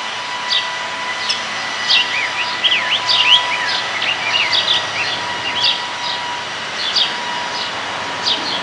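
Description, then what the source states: Rose-breasted grosbeak song, a brief burst of rich warbled notes midway, surrounded by scattered high chips and a steady background tone. Recorded in 2006.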